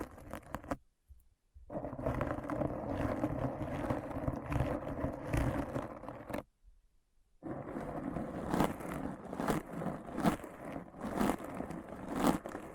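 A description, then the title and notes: Dense, continuous scratching with sharp crunchy strokes, broken by two silent pauses near one and six seconds, then resuming with brighter repeated scrapes. ASMR Deep Brain Scratch (No Talking).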